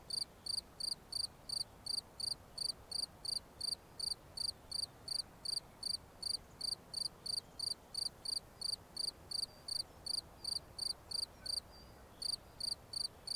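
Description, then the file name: Cricket song: rapid high pulsed chirps in a steady series, with a short gap near the end, over gentle hiss. "Grillons"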